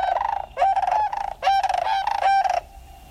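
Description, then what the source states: Sandhill Crane calls: rolling, trumpeting rattles in several loud bursts, each a throaty burred note held briefly before the next. Sandhill crane pairs remain together for life.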